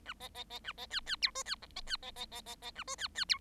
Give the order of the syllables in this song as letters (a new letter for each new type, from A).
A B B B A B C C D E C F B C B B B B B A E C C D